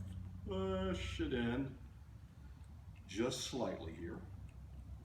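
A part of a mason jar light kit is being fitted into the jar lid by hand. Someone talks while the part is handled, and a faint small sound occurs at about 4.5 seconds. Nothing has seated or clicked yet, as the clip ends just before the part pops into place.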